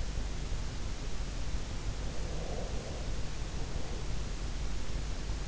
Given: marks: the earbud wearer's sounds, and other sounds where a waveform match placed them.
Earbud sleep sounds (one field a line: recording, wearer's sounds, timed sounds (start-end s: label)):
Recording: sounds in sleep by an in-ear microphone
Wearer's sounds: breath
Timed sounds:
2.11-4.22 s: breath